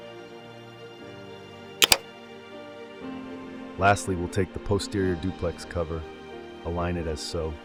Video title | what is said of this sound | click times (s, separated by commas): The duplex feeder addon enables single and double-sided media on the D1070 printer | align it in, and then snap it into place. You'll hear a click. | 1.8 s, 1.9 s